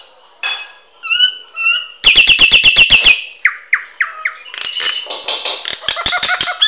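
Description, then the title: Nias hill myna chattering: bright harmonic whistles, a rapid burst of hard clicks, descending whistled slurs, then rough squawks and a quick click series. Noisy, chattering continuously. "Jalak Nias Berisik Ngoceh Terus"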